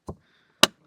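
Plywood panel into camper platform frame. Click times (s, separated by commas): 0.6 s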